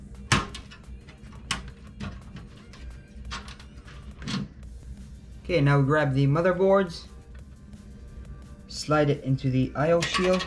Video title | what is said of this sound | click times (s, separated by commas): How To Build Your Own Gaming PC - Step By Step DIY | it in place and push it until it snaps okay | 0.3 s, 1.5 s